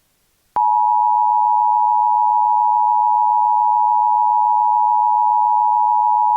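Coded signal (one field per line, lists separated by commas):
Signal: Emergency Alert System (SAME) tones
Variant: 853 and 960 Hz attention tone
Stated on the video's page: Fictional EAS scenario, a created recreation rather than a real alert.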